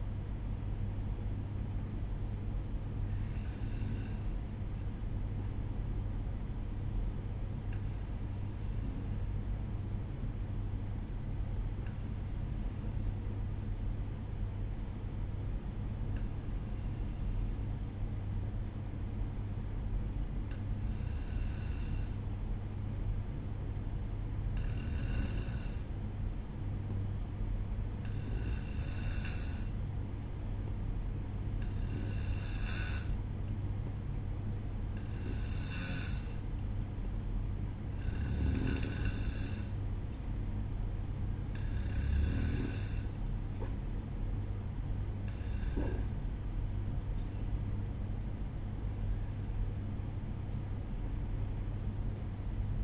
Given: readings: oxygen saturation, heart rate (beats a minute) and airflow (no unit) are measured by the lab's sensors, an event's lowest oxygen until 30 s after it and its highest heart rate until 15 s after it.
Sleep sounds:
breathing in sleep by a smartphone at the bedside; 1
6.00-38.90 s: hypopnea (N2, oxygen 95% highest, then 92% lowest, heart rate 59 at the start, 65 highest)
From the record:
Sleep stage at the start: N2 (light sleep); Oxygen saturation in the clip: 92 to 95%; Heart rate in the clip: 59 to 65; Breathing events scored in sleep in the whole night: 305 in 9.6 hours asleep

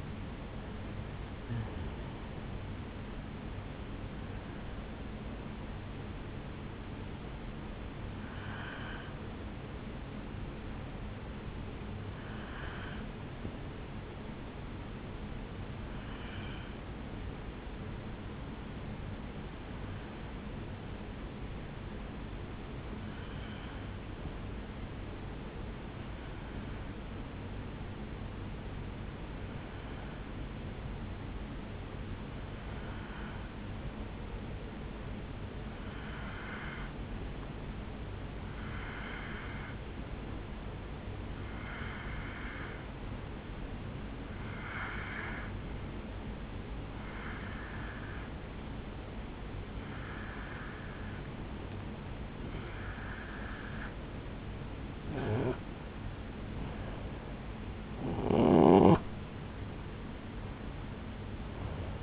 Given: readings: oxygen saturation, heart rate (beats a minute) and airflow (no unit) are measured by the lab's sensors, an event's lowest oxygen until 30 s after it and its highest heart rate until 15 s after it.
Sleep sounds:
breathing in sleep by a voice recorder at the bedside; 1
22.00-51.30 s: hypopnea (N1, oxygen 98% highest, then 91% lowest, heart rate 65 at the start, 75 highest)
37.00-62.03 s: new sleep stage, N2 (light sleep)
From the record:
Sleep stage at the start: N1 (lightest sleep); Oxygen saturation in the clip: 85 to 98%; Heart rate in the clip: 63 to 81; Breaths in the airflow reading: 19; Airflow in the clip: -6.7 to 6.0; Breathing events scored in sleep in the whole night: 449 in 7.0 hours asleep

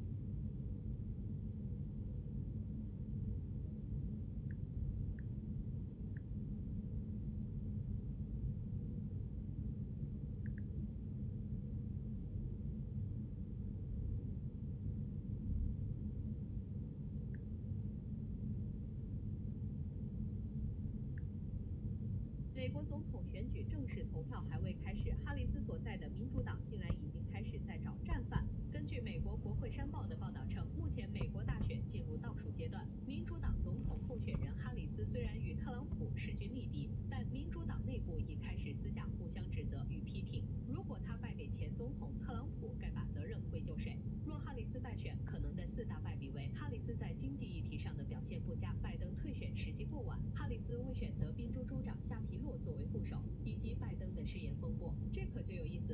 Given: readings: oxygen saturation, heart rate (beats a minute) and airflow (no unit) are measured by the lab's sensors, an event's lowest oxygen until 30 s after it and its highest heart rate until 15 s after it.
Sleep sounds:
a person awake in a sleep study, by a smartphone at the bedside; none
0.00-55.94 s: awake
From the record:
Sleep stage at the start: awake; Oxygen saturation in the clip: 95 to 96%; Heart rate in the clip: 68 to 76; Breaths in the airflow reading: 12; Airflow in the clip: -3.7 to 5.9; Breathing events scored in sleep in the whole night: 131 in 7.2 hours asleep

